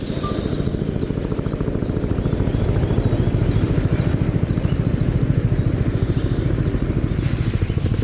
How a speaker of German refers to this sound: Am Tag nach der Premiere machen sich ganze Helikopterflotten auf den Weg zur Einsiedelei. Die Helikopter ziehen wie gigantische Heuschrecken über den Himmel, hängen einen Moment regungslos in der Luft, sinken dann ringsherum ins Heidekraut.